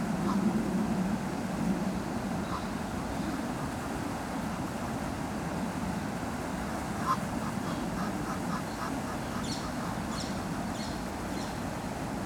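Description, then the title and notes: Duck quacking in short series of quacks, partly masked by a steady rushing fountain noise throughout. Ducks at the Ixelles ponds (Les étangs d'Ixelles), Brussels, Belgium, recorded beside a fountain. "Av. du Général de Gaulle 21, 1050 Ixelles, Belgique - Ducks and Fountain. Ducks speech and foutain at Les étangs d'Ixelles"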